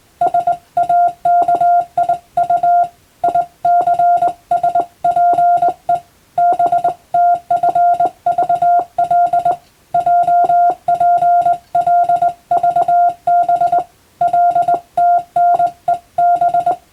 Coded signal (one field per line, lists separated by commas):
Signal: Morse code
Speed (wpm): 20 wpm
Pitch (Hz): 700 Hz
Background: none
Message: SAKIU ICSPE BTFVL JPLVB LTNEB